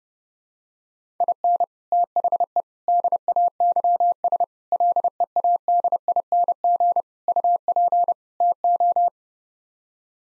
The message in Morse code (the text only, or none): IN THE DAYS LEADING UP TO